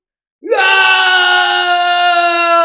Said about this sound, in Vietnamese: Liễu Minh ngửa mặt lên trời hét ra một tiếng, đột nhiên phóng về phía trước một bước